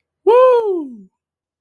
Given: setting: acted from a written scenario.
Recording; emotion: vocal sound without words; triumph